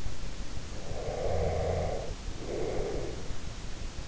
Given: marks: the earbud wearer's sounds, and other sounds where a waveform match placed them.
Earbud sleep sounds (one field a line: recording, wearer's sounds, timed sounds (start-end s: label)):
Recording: sounds in sleep by an in-ear microphone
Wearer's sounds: breath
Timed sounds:
0.80-3.26 s: breath